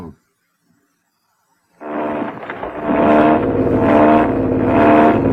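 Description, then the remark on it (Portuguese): After a short silence, the loud, droning roar of military airplanes of Hinkle's 34th Air Division, in a dubbed film, sweeps in and holds steady, swelling in waves as the engines pass overhead, with no voices. “O que é isso? Meus aviões. Passando agora a 34ª Divisão Aérea de Hinkle.”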